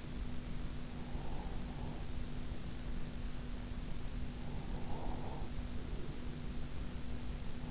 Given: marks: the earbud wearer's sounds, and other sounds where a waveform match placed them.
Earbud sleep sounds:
sounds in sleep by an in-ear microphone; breath
1.06-2.12 s: breath
4.42-6.48 s: breath

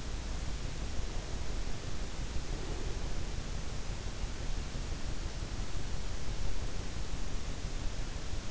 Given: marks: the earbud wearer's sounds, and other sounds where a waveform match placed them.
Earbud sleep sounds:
sounds in sleep by an in-ear microphone; breath
2.02-3.23 s: breath

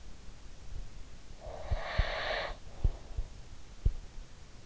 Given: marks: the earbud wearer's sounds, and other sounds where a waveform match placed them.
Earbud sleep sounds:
sounds in sleep by an in-ear microphone; breath
1.46-3.43 s: breath

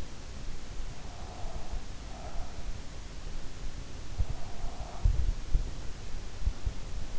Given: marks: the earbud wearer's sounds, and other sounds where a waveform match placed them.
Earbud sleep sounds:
sounds in sleep by an in-ear microphone; breath
0.77-2.94 s: breath

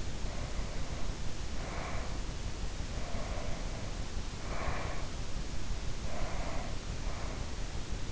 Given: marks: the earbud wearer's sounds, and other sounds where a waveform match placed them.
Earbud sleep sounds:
sounds in sleep by an in-ear microphone; breath
0.00-2.31 s: breath
2.85-5.37 s: breath
5.89-7.92 s: breath

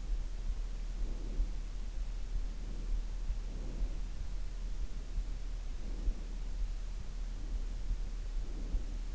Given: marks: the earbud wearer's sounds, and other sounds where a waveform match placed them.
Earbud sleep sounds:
sounds in sleep by an in-ear microphone; breath
0.86-1.78 s: breath
2.40-4.16 s: breath
5.72-6.50 s: breath
7.09-9.15 s: breath

